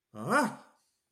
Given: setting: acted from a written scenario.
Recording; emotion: vocal sound without words; triumph